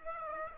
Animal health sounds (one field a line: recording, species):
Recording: mosquito wingbeat signal from an infrared sensor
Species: Aedes aegypti